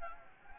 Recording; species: mosquito wingbeat signal from an infrared sensor; Anopheles gambiae